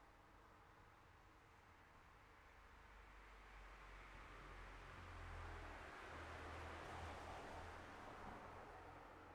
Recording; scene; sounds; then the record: everyday scene through a hearing-aid microphone; in traffic; traffic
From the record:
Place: city secondary road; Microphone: behind the ear, left, front